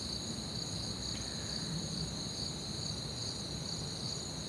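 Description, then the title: Crickets chirping in a steady, dense chorus of high, shimmering tones layered at several pitches, continuous throughout with a soft low rumble beneath. Crickets chirping at night in an orchard, recorded from a balcony on a Zoom H6 in one take; compression and a touch of reverb added. "Crickets Under Stars"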